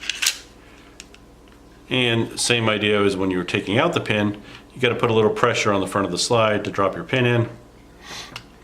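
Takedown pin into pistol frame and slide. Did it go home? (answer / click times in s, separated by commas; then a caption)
yes / 8.4 s. During reassembly of a Ruger LCP II pocket pistol, pressure is put on the front of the slide and the steel takedown pin is dropped into the frame while someone talks. A few faint clicks come early, then the pin snaps into place with a sharp click at 8.4 s.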